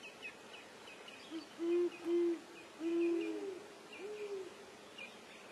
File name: Canto da coruja jacurutu